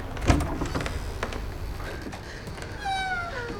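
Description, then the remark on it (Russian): A sharp click of a latch, followed by a short stretch of shuffling and then a drawn-out, high creaking squeal as a door is opened in the dark. “Эмили подходит к двери и открывает ее.”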